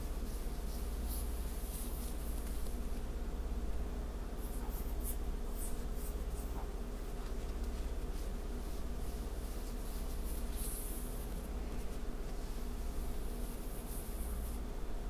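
Soft scratching and fabric rustling over a steady, dense low hum that runs the whole time. Brighter, hissy strokes come in short clusters, near the start, around five to seven seconds, at eleven, and again toward the end.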